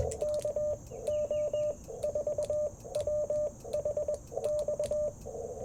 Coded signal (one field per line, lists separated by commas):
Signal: Morse code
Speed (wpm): 21 wpm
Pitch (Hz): 600 Hz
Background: radio noise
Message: KO4WH X